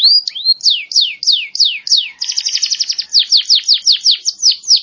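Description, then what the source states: Canary song: rising whistled notes, then repeated descending sweeps, a short fast rattling trill, and more loud sweeping notes at a quick pace. Champion singing canary.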